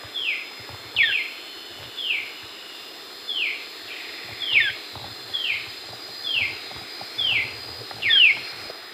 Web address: Natures Songs S America Eastern Lowlands. Myrmotherula ignota, disturbance calls